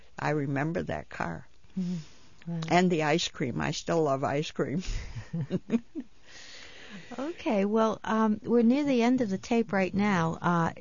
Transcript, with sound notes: I remember that car.
Wow.
And the ice cream. I still love ice cream. (they laugh)
Okay, well, we're near the end of the tape right now.